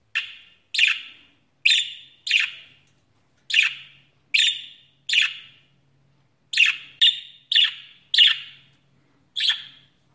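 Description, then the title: Budgerigar calls: short harsh chirps given singly or in quick pairs with gaps of silence between, about a dozen in all. "Budgie Sounds"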